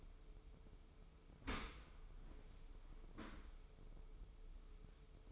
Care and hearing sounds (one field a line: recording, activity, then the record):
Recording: daily activity, microphone in the room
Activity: open dishwasher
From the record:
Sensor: 1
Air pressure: 995.8 hPa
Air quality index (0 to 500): 58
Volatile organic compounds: 2 ppm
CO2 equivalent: 1130 ppm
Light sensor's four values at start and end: 32/110/42/44 and 32/110/42/44